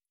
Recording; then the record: hydrophone in a shrimp aquaculture tank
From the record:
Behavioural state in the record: stressed